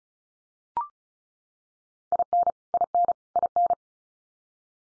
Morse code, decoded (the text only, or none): IN IN IN